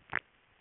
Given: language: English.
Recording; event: throat vibration sensor signal played as sound; swallow